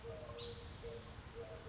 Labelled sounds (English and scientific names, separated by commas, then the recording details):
Eurasian Collared Dove (Streptopelia decaocto)
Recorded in Sonoma County, California